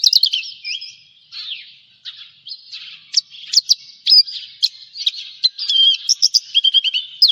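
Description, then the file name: Javan bush lark song, mixed whistled slurs, sharp chips and quick rising and falling notes, delivered in a steady varied stream. "suara burung branjangan jawa"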